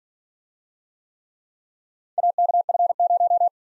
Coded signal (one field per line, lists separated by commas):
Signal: Morse code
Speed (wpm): 48 wpm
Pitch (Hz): 700 Hz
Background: none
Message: AKF0